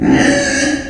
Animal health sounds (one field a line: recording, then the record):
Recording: squeal of a Yucatan mini pig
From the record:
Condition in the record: before surgery on the right vocal fold (resection and tissue-engineered implant)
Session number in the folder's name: 3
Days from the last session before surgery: 0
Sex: female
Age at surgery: 19 weeks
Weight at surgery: 25 kg